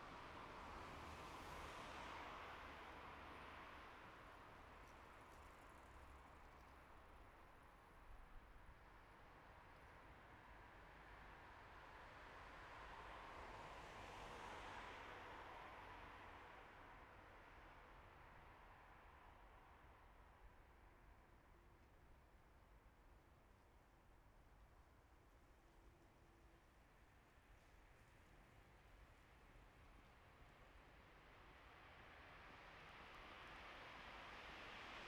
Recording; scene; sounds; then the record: everyday scene through a hearing-aid microphone; in traffic; traffic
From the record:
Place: bus stop on a city main road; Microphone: behind the ear, right, front